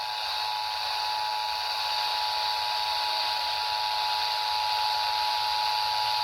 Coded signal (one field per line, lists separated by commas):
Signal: Emergency Alert System (SAME) tones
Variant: 853 and 960 Hz attention tone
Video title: Tornado Drills and A Test. | EAS Alerts from 3/11-12/25 | EAS#1,678-1,684